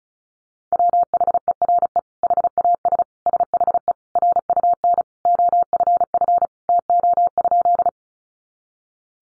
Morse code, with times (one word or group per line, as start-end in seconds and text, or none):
0.7-2.0 WHERE
2.2-3.0 HAS
3.3-3.9 SHE
4.2-5.0 RUN
5.3-6.5 OFF
6.7-7.9 TO?